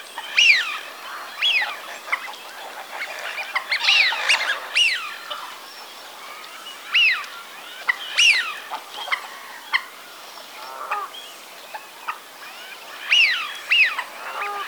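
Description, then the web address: Eurasian wigeon calls, sharp arching whistles given in pairs or short runs every few seconds, with quieter whistles between them. "Wigeon"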